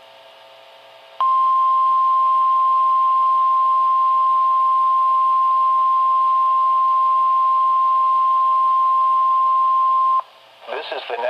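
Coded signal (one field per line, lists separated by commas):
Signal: Emergency Alert System (SAME) tones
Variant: 1050 Hz attention tone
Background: speech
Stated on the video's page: Required weekly test on a NOAA weather radio station.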